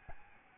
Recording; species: mosquito wingbeat signal from an infrared sensor; Aedes albopictus